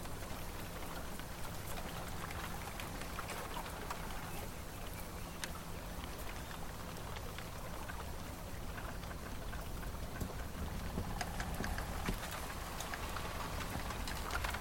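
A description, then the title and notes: Bamboo thicket on water gives a steady, dense wash of rustling and lapping that holds level for the whole stretch. Frequent sharp little clicks and knocks pop out irregularly throughout, and a faint low hum runs underneath. Bamboo forest ambience for relaxation | sound of bamboo thicket on water. Gentle water waves/flowing.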